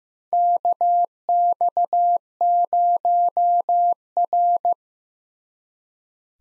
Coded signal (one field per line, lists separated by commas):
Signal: Morse code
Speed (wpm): 15 wpm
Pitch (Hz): 700 Hz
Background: none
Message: KX0R